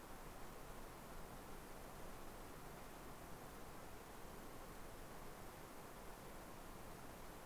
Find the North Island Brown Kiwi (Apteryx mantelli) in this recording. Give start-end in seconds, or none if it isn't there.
none